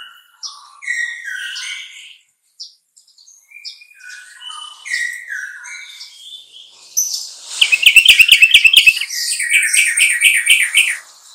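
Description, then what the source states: Sooty-headed bulbul song opening with varied whistled notes, building into a fast stuttering run of repeated chattering notes near the end. Song style called trucukan.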